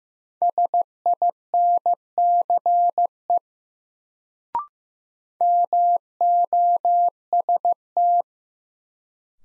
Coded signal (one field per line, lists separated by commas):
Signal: Morse code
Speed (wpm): 15 wpm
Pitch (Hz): 700 Hz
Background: none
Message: SINCE MOST